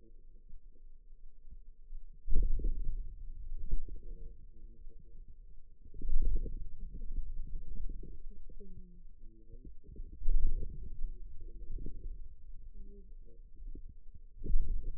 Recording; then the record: forearm muscle sounds (acoustic myography)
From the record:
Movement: wrist extension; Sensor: system 2, bracelet of six BSWA MPA416 microphones around the upper forearm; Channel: 4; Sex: female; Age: 21 years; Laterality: right